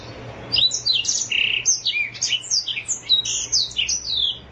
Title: Kicau Kacer